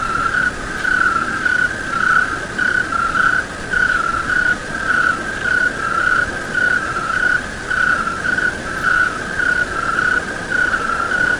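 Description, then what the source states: Crickets calling: a steady, rhythmically pulsing trill at one pitch, swelling and fading roughly once a second, over constant hissing background noise. Night sounds with crickets.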